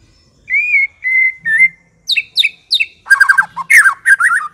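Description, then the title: White-rumped shama singing: clear steady whistled notes, then sharp downslurred chips and a fast burst of rich varied warbling. Long-duration lure (pikat) used to attract birds. "Pikat Murai Batu Durasi Panjang"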